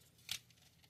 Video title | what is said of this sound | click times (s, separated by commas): Ali Express "Transformer Megatron" Pick-up | Bring this all the way back till it clicks. | 0.3 s